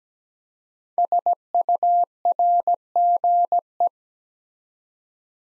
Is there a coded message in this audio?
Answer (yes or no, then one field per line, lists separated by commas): yes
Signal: Morse code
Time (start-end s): 1.0-3.9 s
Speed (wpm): 17 wpm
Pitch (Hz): 700 Hz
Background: none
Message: SURGE